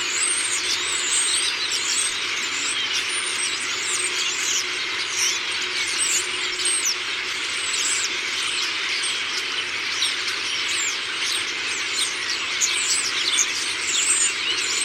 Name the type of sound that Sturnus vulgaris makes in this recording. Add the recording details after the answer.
call. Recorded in the wild. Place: Wierden, Overijssel, NL. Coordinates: 52.358, 6.594. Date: 1990-05-13 05:26. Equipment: Nagra III BH, Sennheiser MD 21, parabola. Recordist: Schubert, Michael